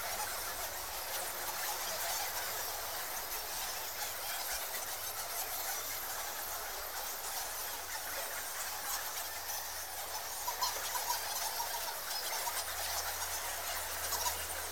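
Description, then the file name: Bats squeaking in a dense, continuous high chatter, many overlapping calls forming a steady hissing wash, with a low hum beneath. Bats in a cave. "Digiffects Sound Effects Library - Bats in Cave"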